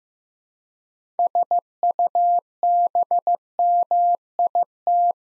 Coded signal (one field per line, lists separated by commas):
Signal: Morse code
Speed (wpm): 15 wpm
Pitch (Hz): 700 Hz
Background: none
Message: SUBMIT